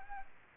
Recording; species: mosquito wingbeat signal from an infrared sensor; Aedes aegypti